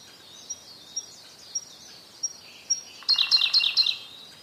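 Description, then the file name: Siberian blue robin: a handful of thin high notes, each a little louder, then a rich rapid trill closing the phrase. "koruri"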